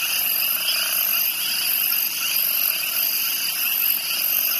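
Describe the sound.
Crickets trilling together in a thick, shrill wall of sound, the high notes wavering slightly in loudness throughout.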